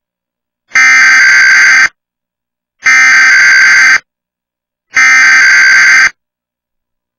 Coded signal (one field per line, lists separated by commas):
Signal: Emergency Alert System (SAME) tones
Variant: header bursts